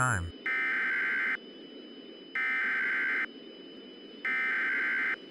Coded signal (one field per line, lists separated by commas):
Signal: Emergency Alert System (SAME) tones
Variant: header bursts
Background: speech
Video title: EF-NIGHTMARE (A Tornado Outbreak EAS Scenario)